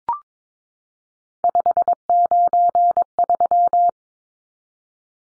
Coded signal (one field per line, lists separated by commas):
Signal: Morse code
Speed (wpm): 22 wpm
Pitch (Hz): 700 Hz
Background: none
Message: 593